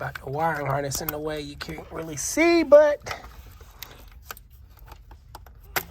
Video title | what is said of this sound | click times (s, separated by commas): Teaching My Brother How To Fix His Own Oil Cooler (Common Chrysler 200 Oil Leak Problem) #pentastar | of them are in there now yeah this one this one didn't click | none